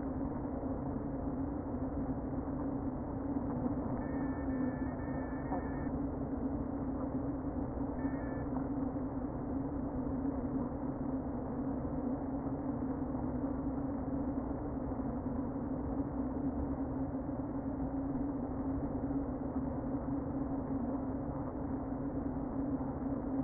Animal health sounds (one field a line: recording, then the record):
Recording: honeybee colony, microphone inside the hive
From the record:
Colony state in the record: queen present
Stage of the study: before two queens were removed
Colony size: about 60,000 bees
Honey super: yes